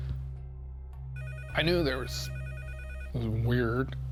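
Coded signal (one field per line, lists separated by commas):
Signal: none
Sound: a phone ringing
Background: speech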